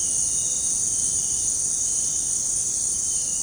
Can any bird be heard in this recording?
no